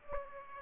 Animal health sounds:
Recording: mosquito wingbeat signal from an infrared sensor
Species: Aedes aegypti

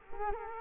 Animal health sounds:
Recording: mosquito wingbeat signal from an infrared sensor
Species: Culex quinquefasciatus

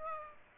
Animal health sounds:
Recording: mosquito wingbeat signal from an infrared sensor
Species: Aedes aegypti

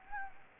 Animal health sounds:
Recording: mosquito wingbeat signal from an infrared sensor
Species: Anopheles gambiae

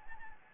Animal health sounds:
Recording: mosquito wingbeat signal from an infrared sensor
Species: Anopheles gambiae

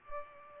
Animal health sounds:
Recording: mosquito wingbeat signal from an infrared sensor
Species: Culex pipiens

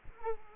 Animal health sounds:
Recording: mosquito wingbeat signal from an infrared sensor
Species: Culex quinquefasciatus

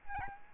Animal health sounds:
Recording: mosquito wingbeat signal from an infrared sensor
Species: Aedes albopictus

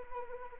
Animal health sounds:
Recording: mosquito wingbeat signal from an infrared sensor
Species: Anopheles arabiensis

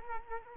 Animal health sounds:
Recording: mosquito wingbeat signal from an infrared sensor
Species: Culex quinquefasciatus

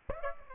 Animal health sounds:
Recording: mosquito wingbeat signal from an infrared sensor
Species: Aedes aegypti

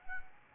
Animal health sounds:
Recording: mosquito wingbeat signal from an infrared sensor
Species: Anopheles arabiensis

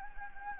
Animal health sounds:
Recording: mosquito wingbeat signal from an infrared sensor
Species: Anopheles gambiae

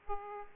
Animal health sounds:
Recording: mosquito wingbeat signal from an infrared sensor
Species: Aedes aegypti

